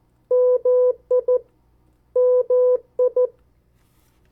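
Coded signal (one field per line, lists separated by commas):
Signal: Morse code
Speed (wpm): 14 wpm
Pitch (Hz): 500 Hz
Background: none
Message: MI MI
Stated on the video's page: Morse code practice of 50 US state abbreviations sent at variable speeds for CW copy practice.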